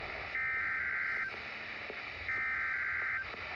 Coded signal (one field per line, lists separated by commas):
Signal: Emergency Alert System (SAME) tones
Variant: header bursts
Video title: EAS VEF first weekly test of my Summer Break #eastest #emergencyalertsystem